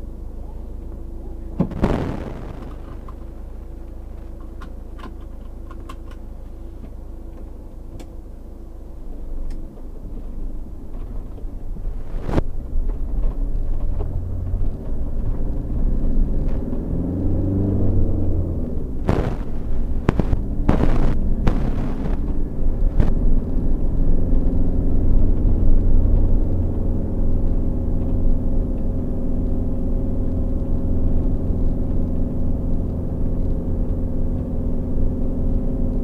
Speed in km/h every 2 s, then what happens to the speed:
0, 0, 0, 0, 0, 0, 0, 0, 18, 18, 22, 27, 33, 33, 31, 31, 31, 27.
0-15 standing. 15-23 pulls away to 33. 23-36 steady at about 31.